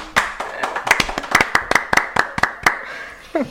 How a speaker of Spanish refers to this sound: Bueno, pues un aplauso